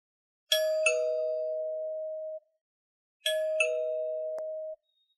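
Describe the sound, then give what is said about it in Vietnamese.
A doorbell rings twice, each a two-tone electronic ding-dong chime that holds and slowly fades, with a short silence between the rings and nothing else around them. “À, tiếng gì vậy? Cô đang nằm mơ đúng không? Tại sao tiếng chuông động trong giấc mơ lại chân thật đến vậy? Thật sự quá ồn ào. Làm ơn đừng ầm ĩ nữa.”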